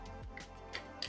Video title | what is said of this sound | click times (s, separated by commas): La FX6 Une Caméra Ciné ? - Montage et Explication de la FX6 ! | Hop, on entend le petit clic. | 1.0 s